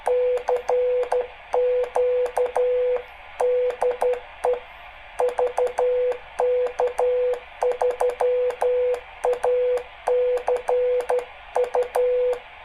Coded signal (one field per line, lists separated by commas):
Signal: Morse code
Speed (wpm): 12 wpm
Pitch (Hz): 500 Hz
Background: radio noise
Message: CQ DE VK3ACU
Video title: How to make a simple morse code transmitter for 80M